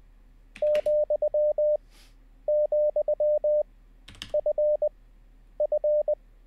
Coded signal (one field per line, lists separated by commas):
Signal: Morse code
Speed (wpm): 20 wpm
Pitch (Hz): 600 Hz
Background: none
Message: ,,FF